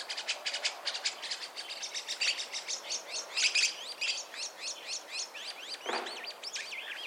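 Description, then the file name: Chestnut-cheeked starling song: a dense stream of clicking, ticking notes that turns into quick wavy squeaks and whistles, fairly quiet against a light hiss. "Sturnus philippensis"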